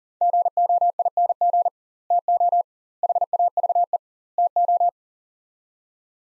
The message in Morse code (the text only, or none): GOING TO HAVE TO